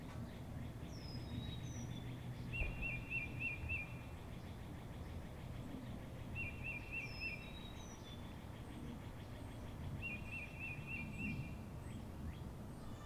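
Birds singing, with a short buzzy trill near the same pitch repeated about every four seconds, thin high whistles between, over a steady low rumble.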